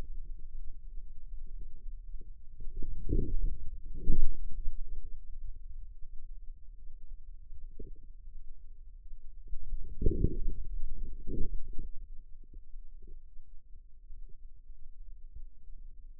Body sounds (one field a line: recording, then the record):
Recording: forearm muscle sounds (acoustic myography)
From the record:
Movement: outward rotation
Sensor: system 2, bracelet of six BSWA MPA416 microphones around the upper forearm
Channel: 5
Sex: male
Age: 22 years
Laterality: right